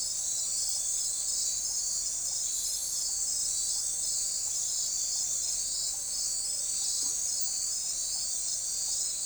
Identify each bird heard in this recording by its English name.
none